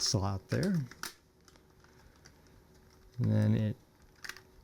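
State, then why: Seated. Someone talks while a plug-in digital timer marked RETURN is pushed into its slot on a 3D-printed plastic timer holder hanging on an aeroponic grow bucket. After a quiet stretch of faint handling ticks, two sharp clicks at about 4.2 and 4.3 seconds mark the timer snapping into place, seated in the holder.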